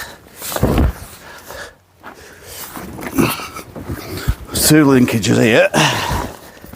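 A folding frame linkage, one of two on an old trailer tent frame made in Holland, is handled as the tent is being put up, with a few sharp knocks near 0.8 s and 3.1 s. Someone talks throughout. Nothing has seated or clicked yet.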